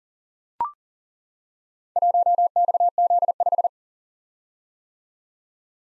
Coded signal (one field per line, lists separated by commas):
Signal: Morse code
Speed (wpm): 40 wpm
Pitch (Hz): 700 Hz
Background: none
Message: 1XZ5